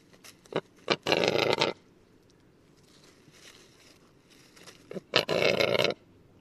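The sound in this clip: Rackelhahn (black grouse × capercaillie hybrid): rackelhahn repeating its harsh rasping croak twice, about four seconds apart, each introduced by short clicking notes.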